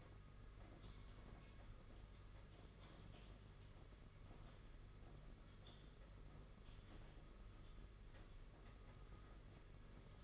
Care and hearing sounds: daily activity, microphone in the room; typing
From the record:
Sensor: 4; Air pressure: 992.6 hPa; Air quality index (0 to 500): 137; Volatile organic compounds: 62 ppm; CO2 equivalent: 3435 ppm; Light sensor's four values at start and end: 19/66/24/25 and 19/66/24/25

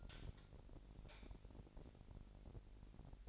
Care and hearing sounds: daily activity, microphone in the room; light on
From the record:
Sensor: 5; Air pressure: 1012.0 hPa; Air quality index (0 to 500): 248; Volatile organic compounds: 5 ppm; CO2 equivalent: 1709 ppm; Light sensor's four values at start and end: 40/94/39/42 and 42/99/41/44

